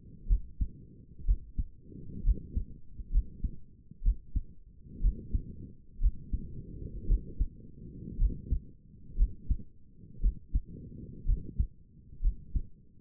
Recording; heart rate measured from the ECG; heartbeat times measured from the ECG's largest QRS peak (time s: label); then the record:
heart sounds by stethoscope; 60 bpm
0.28 s: heartbeat
1.26 s: heartbeat
2.24 s: heartbeat
3.12 s: heartbeat
4.03 s: heartbeat
5.01 s: heartbeat
6.00 s: heartbeat
7.07 s: heartbeat
8.18 s: heartbeat
9.17 s: heartbeat
10.21 s: heartbeat
11.26 s: heartbeat
12.21 s: heartbeat
From the record:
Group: healthy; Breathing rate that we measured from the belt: 20 breaths a minute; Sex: female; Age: 28 years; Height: 170 cm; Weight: 77 kg